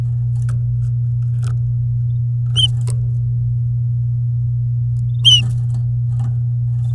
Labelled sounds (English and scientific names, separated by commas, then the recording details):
Domestic Canary (Serinus canaria) song
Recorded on 11 May 2018 at 09:50
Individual llb16